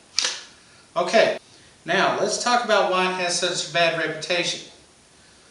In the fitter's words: that thing clicks into place you're not getting it out without pulling it